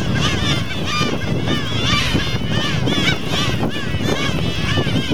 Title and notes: Colonia reproductiva de gaviotas cangrejeras (Larus atlanticus). Reserva Provincial Isla de la Cangrejera. Isla del Puerto. Estuario de Bahía Blanca. /9/2014-17:44hs